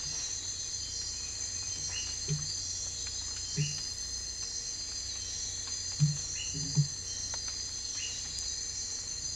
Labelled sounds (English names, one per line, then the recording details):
none
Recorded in dense forest near Puerto Asís, Putumayo, Colombia, on 22 December 2024 at 03:00
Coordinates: 0.484, -76.317
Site G026